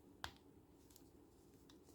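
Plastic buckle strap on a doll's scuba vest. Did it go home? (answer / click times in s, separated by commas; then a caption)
yes / 0.2 s, 0.4 s, 0.9 s, 1.0 s, 1.7 s. A plastic buckle strap on a doll's plastic scuba vest is tightened after its small plastic buckles are pushed into their holes on each side. It gives a series of small ratchet clicks at 0.2, 0.4, 0.9, 1.0 and 1.7 seconds, the first the sharpest. The strap seats and holds.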